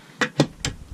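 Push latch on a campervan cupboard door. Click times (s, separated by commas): 0.2 s, 0.6 s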